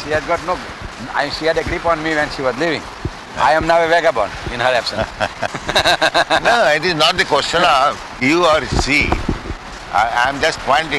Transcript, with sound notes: She has got no... She had a grip on me when she was living. I am now a vagabond in her absence. [laughs]
No, it is not the question of you or she. I am just pointing out.